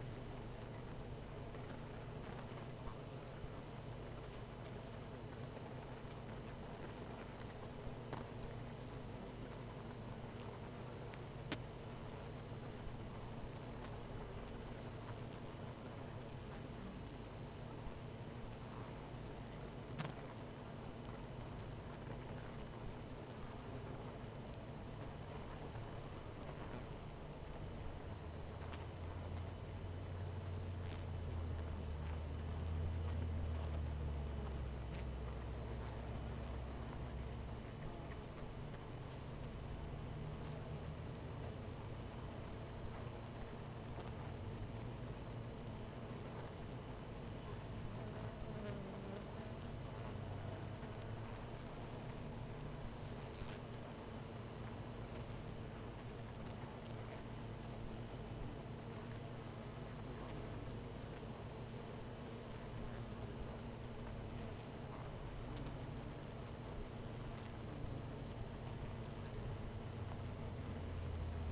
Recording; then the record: honeybee colony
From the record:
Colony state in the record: missing queen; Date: 14 July 2017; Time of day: 18:16